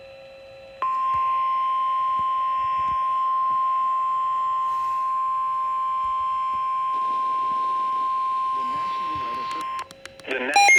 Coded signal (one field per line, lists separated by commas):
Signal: Emergency Alert System (SAME) tones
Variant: 1050 Hz attention tone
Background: speech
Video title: EAS #055 Severe Thunderstorm Warning (My County!)